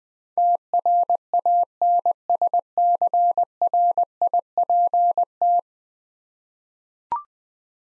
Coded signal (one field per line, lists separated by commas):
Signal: Morse code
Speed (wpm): 20 wpm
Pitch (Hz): 700 Hz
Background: none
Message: TRANSCRIPT